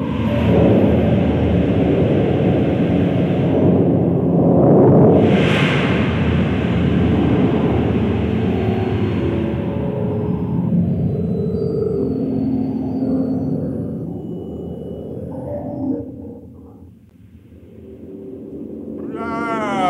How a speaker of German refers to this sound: Oh, welch ein Sturm!